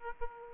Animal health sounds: mosquito wingbeat signal from an infrared sensor; Aedes aegypti

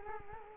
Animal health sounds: mosquito wingbeat signal from an infrared sensor; Culex quinquefasciatus

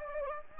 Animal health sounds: mosquito wingbeat signal from an infrared sensor; Anopheles gambiae

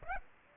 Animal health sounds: mosquito wingbeat signal from an infrared sensor; Aedes aegypti

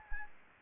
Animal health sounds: mosquito wingbeat signal from an infrared sensor; Anopheles arabiensis

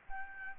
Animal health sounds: mosquito wingbeat signal from an infrared sensor; Aedes albopictus

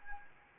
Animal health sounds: mosquito wingbeat signal from an infrared sensor; Anopheles arabiensis

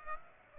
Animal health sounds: mosquito wingbeat signal from an infrared sensor; Aedes aegypti

